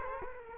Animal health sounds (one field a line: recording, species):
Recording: mosquito wingbeat signal from an infrared sensor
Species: Culex quinquefasciatus